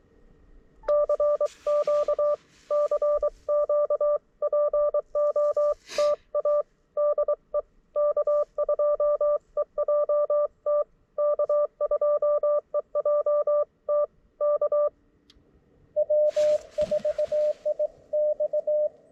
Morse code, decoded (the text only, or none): CQ CQ POTA DE K2EJT K2EJT K W4IX